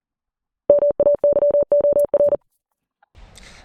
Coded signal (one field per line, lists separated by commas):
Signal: Morse code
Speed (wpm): 37 wpm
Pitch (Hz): 580 Hz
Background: none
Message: MAYOR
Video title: Larning CW characters Zero To Hero 2026 Pt. 2